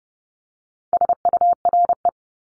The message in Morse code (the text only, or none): SURE